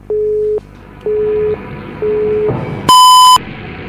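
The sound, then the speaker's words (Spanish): Phone line tone after a caller's call drops: three even, mid-pitched beeps about half a second each, then a single louder, higher and buzzier beep, over a low background murmur. “me parece que lo hemos perdido a Pepe”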